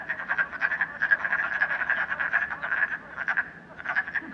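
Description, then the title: Frog chorus of rapid rattling croaks, many callers overlapping almost continuously before thinning slightly near the end. Frogs in a puddle at night in Canada, recorded during COVID-19. "Frogs, Night, Train, Canada"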